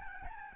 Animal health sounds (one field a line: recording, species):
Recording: mosquito wingbeat signal from an infrared sensor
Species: Aedes albopictus